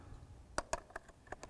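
A bare-bulb flash head is pushed onto a Godox AD200 portable flash body with its red alignment dots lined up. A sharp click at 0.6 s shows it snapping into place, followed by further clicks and ticks at about 0.7 s, 1.0 s, 1.1 s, 1.3 s and 1.4 s. The head is seated.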